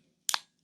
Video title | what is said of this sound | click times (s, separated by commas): Skoda Octavia Mk3: How To Change Battery in Key Fob (Easy) | open you hear a click there | 0.3 s